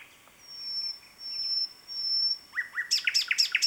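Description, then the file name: Common nightingale song: one long, pure high whistle held for about two seconds, then a quick run of sliding notes and fast repeated chips. "Luscinia megarhynchos"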